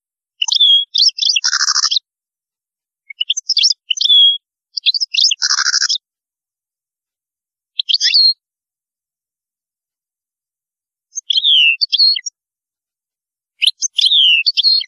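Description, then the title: European goldfinch song: bright tinkling twitter phrases in short bursts, mixed with buzzy nasal notes, pausing a few seconds between bursts; otherwise quiet. "Chant Chardonneret"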